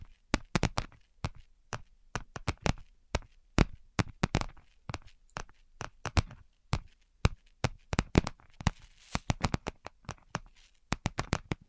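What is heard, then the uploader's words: Quick, sharp tapping runs throughout, the crisp clicks landing in uneven bursts, some clustered rapidly and others spaced apart. Around the nine-second mark a soft rustling swells briefly beneath the taps. It is quiet, with no voice. ASMR 10 Levels of Tapping Tingle Immunity Treatment (No Talking).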